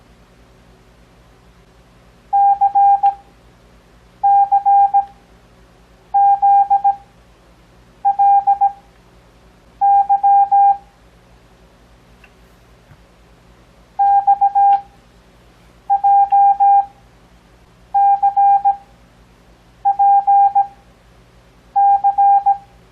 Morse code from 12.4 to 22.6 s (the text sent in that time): XJCPC